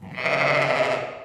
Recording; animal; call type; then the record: contact call of a hoofed animal; sheep; low-frequency (closed-mouth) or high-frequency (open-mouth) call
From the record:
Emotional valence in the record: negative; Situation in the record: short social isolation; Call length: 1.24 s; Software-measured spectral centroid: 2020 Hz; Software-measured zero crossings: 2300 a second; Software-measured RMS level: -23 dBFS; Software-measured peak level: -7 dBFS